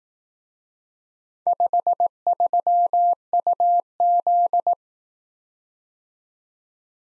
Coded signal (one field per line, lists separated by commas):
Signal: Morse code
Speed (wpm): 18 wpm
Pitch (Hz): 700 Hz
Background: none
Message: 53UZ